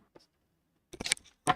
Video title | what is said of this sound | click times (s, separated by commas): Can I build A PC Faster Than The Sun Can Set? | it is so satisfying clicking this tempered glass into place oh | 1.1 s